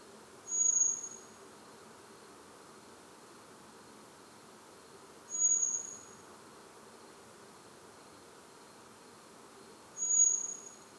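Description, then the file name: Common blackbird uttering a very high, thin, sustained seee note three times at intervals of about five seconds against a quiet hissy background. "Turdus merula"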